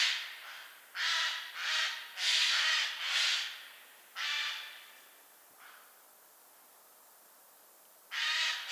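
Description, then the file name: Eurasian jay giving a run of harsh, grating screeches, then a fainter one, a quiet stretch, and a final loud rasp. "Garrulus glandarius"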